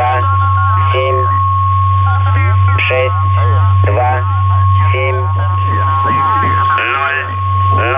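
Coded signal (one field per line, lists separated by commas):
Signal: numbers station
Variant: S06 Russian Man, Russian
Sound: male voice reading short, evenly spaced words over a steady whistle and hum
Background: radio static, carrier whistle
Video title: 21 06 2019 S06 Russian Man Numbers station in Russian to Eu 2100 on 7314 unknown tx site USB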